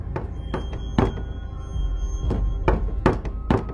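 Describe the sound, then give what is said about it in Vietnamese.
Someone knocks on a door at night in short, uneven bursts of sharp, hollow raps, with pauses between them, over a low steady rumble. No one speaks. “Bóng ma lại đi vòng ra ngoài rồi gõ cửa. Tiếng gõ cửa vang lên trong đêm.”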